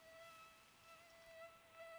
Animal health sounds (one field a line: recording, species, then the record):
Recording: mosquito flight sound by mobile phone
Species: Aedes sierrensis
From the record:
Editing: cut to the mosquito's sound